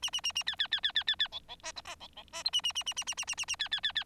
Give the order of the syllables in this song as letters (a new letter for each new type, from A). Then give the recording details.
A A A A B B B B B B B C C D D C C D E A A A A A A A A A A B B B B. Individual Bird4